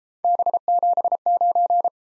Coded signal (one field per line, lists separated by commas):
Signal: Morse code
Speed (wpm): 31 wpm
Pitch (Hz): 700 Hz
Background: none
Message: B79